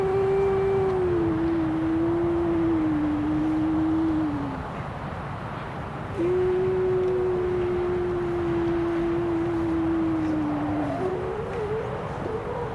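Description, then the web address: Grey seal howl: two long, drawn-out moans, each slowly sagging in pitch and lasting about four to five seconds, then a rougher wavering note at the end. "gray seal"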